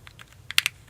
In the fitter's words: clear so it's kind of hard to see in it slides or supposed to it locks in place and this is some